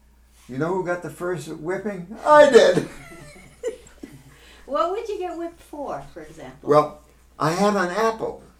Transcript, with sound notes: You know who got the first whipping? I did! ( they laugh )
What would you get whipped for, for example?
Well, I had an apple,